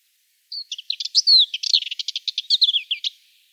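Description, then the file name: Subalpine warbler giving one quick song phrase of dry, rattling twitters and thin whistled slurs, lasting about two and a half seconds. "Slavka belousaja"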